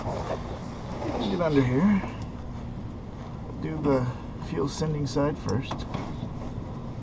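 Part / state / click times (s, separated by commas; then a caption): fuel line quick-connect coupling onto inline fuel filter / not seated / none. Under a 2004 Ford Expedition, the fuel line quick-connect coupling is being handled onto the inline fuel filter, starting on the fuel sending-unit side, while someone talks over a steady low background hum. Nothing has seated or clicked yet; the coupling is not yet pushed home.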